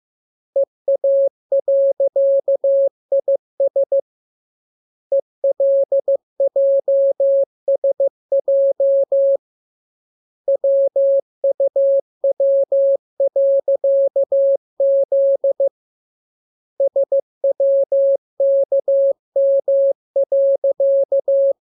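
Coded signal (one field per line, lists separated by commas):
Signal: Morse code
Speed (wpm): 15 wpm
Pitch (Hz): 550 Hz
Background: none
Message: EA.IS ELJSJ WUW.Z SWKM.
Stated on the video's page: Morse lesson 15 on letters KMURESNAPTLWI.JZ; each radiogram opens with VVV and a section sign and ends with AR.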